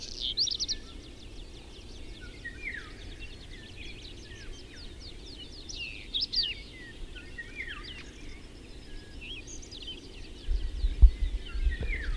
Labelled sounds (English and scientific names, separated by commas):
Whinchat (Saxicola rubetra) song